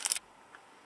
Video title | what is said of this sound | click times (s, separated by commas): Google Nexus S Unboxing! | there we go a little click and should just be able to pry it | 0.1 s